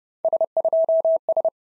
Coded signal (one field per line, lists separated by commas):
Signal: Morse code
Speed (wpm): 30 wpm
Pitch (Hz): 650 Hz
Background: none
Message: S2S